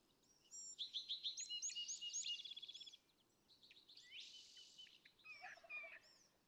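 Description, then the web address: California thrasher song: rapid repeated chattering notes, then varied harsher phrases, with steady background hiss. "birdsongforthecurious California Thrasher"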